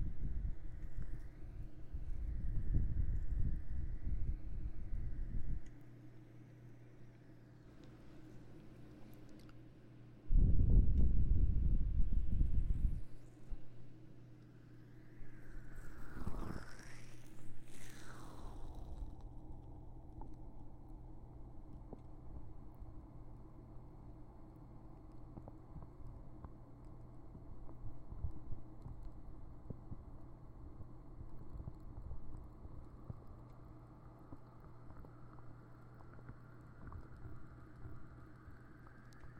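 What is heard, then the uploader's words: Ear blowing and ear massage: strong gusty blows near the start and around ten seconds, a brief rising squeak near sixteen seconds, then softer steady rubbing rumble. ASMR Ear Massage Ear Blowing (No Talking).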